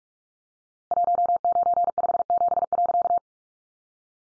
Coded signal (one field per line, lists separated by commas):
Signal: Morse code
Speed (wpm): 44 wpm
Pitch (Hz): 700 Hz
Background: none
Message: 1957.